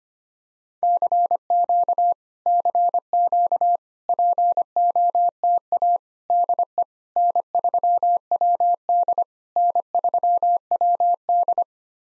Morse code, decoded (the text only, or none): CQ CQ POTA DE N3WD N3WD